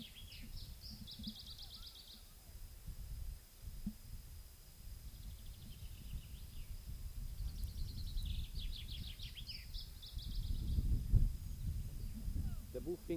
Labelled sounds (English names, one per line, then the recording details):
Iberian Chiffchaff song
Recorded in the wild
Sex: male
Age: adult
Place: Bei Ramales, Nordspanien, Kantabrien, ES
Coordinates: 43.25, -3.46667
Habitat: mountain side
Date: 1964-05-06
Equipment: Nagra III PH, Parabolspiegelmikrophon, LGS26
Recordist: Faber, A., Sapper and Schneider, H.-J